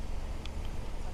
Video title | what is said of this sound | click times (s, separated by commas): VTI Ignition Option | it right in till it snaps make sure it's secured in place | 0.5 s